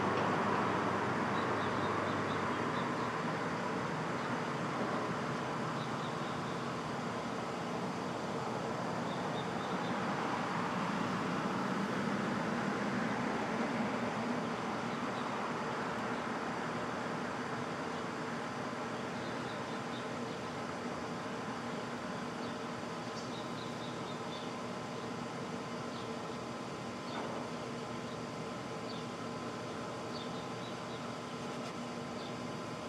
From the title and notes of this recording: Brooklyn Dawn. Street Traffic.